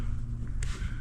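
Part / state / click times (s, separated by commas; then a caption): soft plastic bait onto jig head keeper barb / seated / 0.6 s. A stretchy TPE soft plastic fishing bait is grabbed and pulled up a jig head's shank, then snapped over the barb or keeper so it locks in place. Over a steady low background rumble, a faint tick at 0.5 s leads to a sharp, bright snap at 0.6 s as the bait seats onto the keeper.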